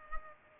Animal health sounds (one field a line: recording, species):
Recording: mosquito wingbeat signal from an infrared sensor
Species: Culex pipiens